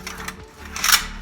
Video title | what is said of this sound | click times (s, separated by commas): How to frame an interior wall | got a slide right here you pull up on this thing locks in place | 0.8 s